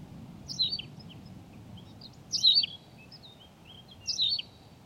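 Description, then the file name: Tawny pipit giving three loud, ringing, slurred phrases, each under two seconds apart, with faint chirps in between and a low hum underneath. "Pipit rousseline Anthus campestris"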